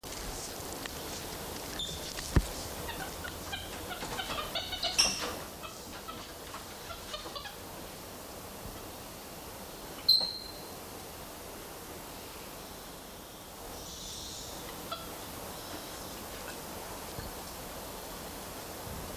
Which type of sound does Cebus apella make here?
call